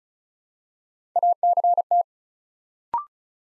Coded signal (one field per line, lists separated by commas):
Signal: Morse code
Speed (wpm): 36 wpm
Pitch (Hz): 700 Hz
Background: none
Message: ACT